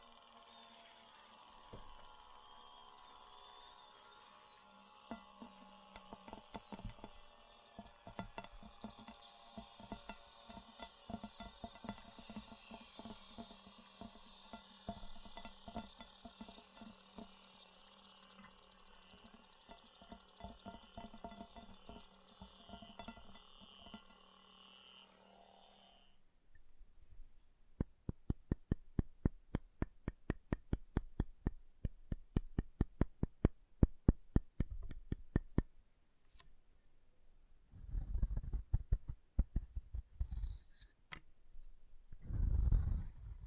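Chalk being carved and cut, with a steady scraping hiss over the first 26 seconds, dotted with small clicks and scratches. After that the scraping stops and a rapid run of sharp taps and snaps takes over, ending with a few louder, heavier knocks near the end.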